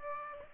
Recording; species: mosquito wingbeat signal from an infrared sensor; Aedes aegypti